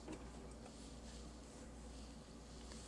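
A WR49X10173 dispenser heater, its top groove already hooked, is handled against its plastic mount in the refrigerator dispenser housing before its bottom is pressed in. Only a steady low hum and faint handling sounds are heard over 2.9 seconds. Nothing has seated or clicked yet.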